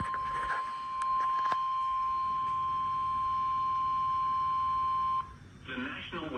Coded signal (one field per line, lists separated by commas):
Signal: Emergency Alert System (SAME) tones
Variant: 1050 Hz attention tone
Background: speech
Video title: EAS Severe Thunderstorm Warning EAS#242